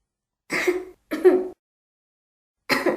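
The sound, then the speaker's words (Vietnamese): A young woman gives three short, soft coughs with a raspy, throaty edge, the first two close together and the third after a longer pause, heard alone without any talking. “Ân Tịch khẽ ho vài tiếng lắc đầu.”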